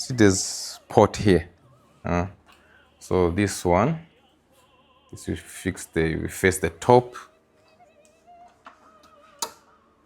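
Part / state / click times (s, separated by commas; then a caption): breathing circuit connector into ventilator port / seated / 9.4 s. Someone talks while a breathing-circuit connector is pushed, facing up, onto a port on a Mindray ventilator. After a few faint handling sounds, a sharp click at 9.4 s shows the connector is seated and properly connected.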